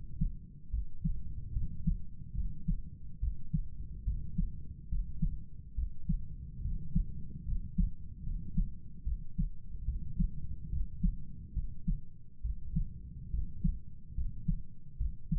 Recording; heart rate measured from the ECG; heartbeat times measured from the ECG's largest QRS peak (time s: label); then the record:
heart sounds by stethoscope; 71 bpm
0.71 s: heartbeat
1.53 s: heartbeat
2.35 s: heartbeat
3.20 s: heartbeat
4.04 s: heartbeat
4.89 s: heartbeat
5.75 s: heartbeat
6.62 s: heartbeat
7.45 s: heartbeat
8.23 s: heartbeat
9.04 s: heartbeat
9.85 s: heartbeat
10.70 s: heartbeat
11.54 s: heartbeat
12.42 s: heartbeat
13.31 s: heartbeat
14.15 s: heartbeat
14.98 s: heartbeat
From the record:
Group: healthy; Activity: rest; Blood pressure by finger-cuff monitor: 116/72 mmHg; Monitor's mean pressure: 85 mmHg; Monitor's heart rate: 71 bpm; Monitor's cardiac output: 6.7 L/min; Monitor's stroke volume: 94 mL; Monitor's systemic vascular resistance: 920 dyn s/cm5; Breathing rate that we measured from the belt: 20 breaths a minute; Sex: male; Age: 35 years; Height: 180 cm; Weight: 86.9 kg